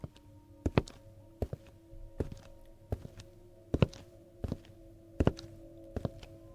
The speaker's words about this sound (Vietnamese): Những tiếng phình phịch vang lên mỗi khi nó bò trên nền đất. Tôi cảm giác bàn tay của nó bây giờ giống như là cả một cái kìm thép vậy, nện xuống nền đất.